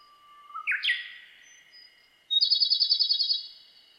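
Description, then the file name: Japanese robin song: a steady thin whistle, then a sharp upward-leaping note, followed after a pause by a loud rapid trill of many even pulses. Recorded 23 June 2007. "komadori 20070623"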